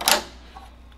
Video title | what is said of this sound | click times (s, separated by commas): Custom embroidery on hats and beanies for Crush Wear. | once it clicks you know you're good to go | 0.1 s